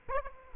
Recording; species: mosquito wingbeat signal from an infrared sensor; Aedes aegypti